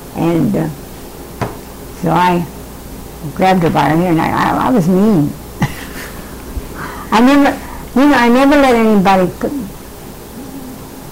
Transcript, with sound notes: and ah, so I grabbed her by her hair, and I-I-I was mean. (laughing) I never, you know, I never let anybody put...